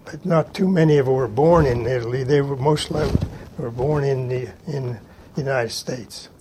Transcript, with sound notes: But not too many of 'em were born in Italy. They were mostly (microphone noise) were born in the -- in United States.